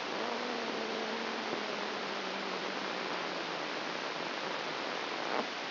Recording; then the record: brain microelectrode recording played as sound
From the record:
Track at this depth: outside the subthalamic nucleus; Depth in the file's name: 6.898 mm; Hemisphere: left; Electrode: 2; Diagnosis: Parkinson's disease